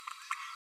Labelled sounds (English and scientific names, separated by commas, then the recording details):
Green-rumped Parrotlet (Forpus passerinus) babbling
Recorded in a nest box in Venezuela
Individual 18B12A2